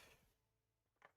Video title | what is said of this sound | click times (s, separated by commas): Prusa MK4S to CORE One+ 3d Printer Conversion Part 4 | But I'm almost with how t with how much like that just snapped into place. | 1.1 s